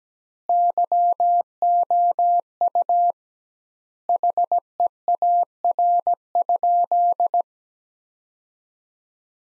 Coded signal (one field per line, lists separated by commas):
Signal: Morse code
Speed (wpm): 17 wpm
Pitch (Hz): 700 Hz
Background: none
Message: YOU HEAR?